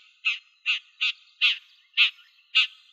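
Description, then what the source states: Red-backed shrike giving harsh, rasping calls, six short notes repeated about every half second, with no other sounds. Slovenia.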